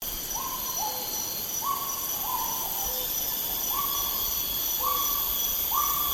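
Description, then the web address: Helmeted hornbill hooting: hollow notes that rise and then hold level, repeated several times with softer lower notes between, over steady high tones. "PJGNGLUMUT. helmeted hornbill"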